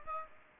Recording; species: mosquito wingbeat signal from an infrared sensor; Aedes aegypti